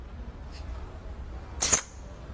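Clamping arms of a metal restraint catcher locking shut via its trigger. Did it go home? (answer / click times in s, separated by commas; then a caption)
yes / 1.6 s. The U-shaped trigger of an improved metal restraint catcher is pushed against an object, and the clamping arms close and lock automatically. A sharp metallic snap is heard at 1.6 s over a low background hum. The arms are caught, locked and self-tightened.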